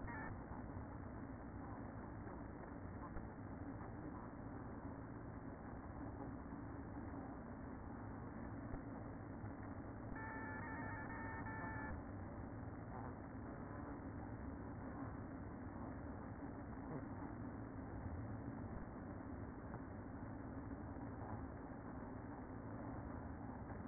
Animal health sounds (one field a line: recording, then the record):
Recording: honeybee colony, microphone inside the hive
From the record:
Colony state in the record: queen present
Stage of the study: after two queens were removed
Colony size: about 60,000 bees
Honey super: yes